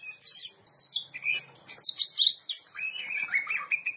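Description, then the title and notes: Oriental magpie-robin song, high warbled whistles dropping into a chattering lower-pitched series toward the end. Champion singing bird. "Kicau Burung Kacer Juara. Suara Kicauan Burung Kacer Juara"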